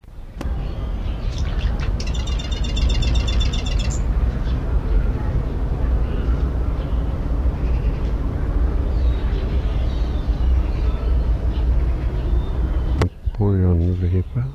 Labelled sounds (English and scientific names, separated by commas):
Yellow-crowned Bishop (Euplectes afer)